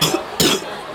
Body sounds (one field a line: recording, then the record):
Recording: coughing mixed with background sound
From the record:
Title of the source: Wet coughing